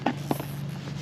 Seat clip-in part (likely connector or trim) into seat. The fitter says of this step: Et ça c'est clipsé comme ça.